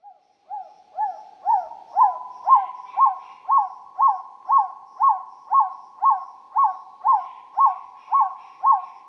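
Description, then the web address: Bird calling with a long, steady series of hooting notes, each rising then dropping, repeated about twice a second and growing louder after the first few. Recorded in Peru. "inkaterra asociacion org. back tailed"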